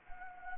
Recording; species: mosquito wingbeat signal from an infrared sensor; Anopheles gambiae